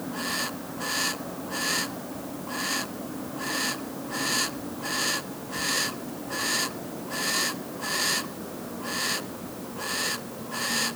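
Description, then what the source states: Bird producing repeated breathy, screechy hisses at roughly eighty per minute, set against a continuous low background noise. Female bird giving a contact call.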